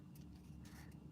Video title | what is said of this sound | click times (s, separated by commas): Getting our first presto pot | it just snaps right in there | 0.2 s